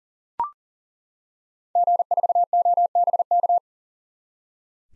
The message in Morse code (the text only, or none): G4OBK